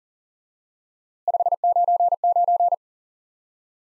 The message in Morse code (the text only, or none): 599